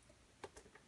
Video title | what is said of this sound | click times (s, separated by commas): ❤️ SORTEIO BARBIE SUPER PRINCESA ❤️ RAFFLE Barbie In Princess Power | no Três É só você dar um clique aqui | 0.4 s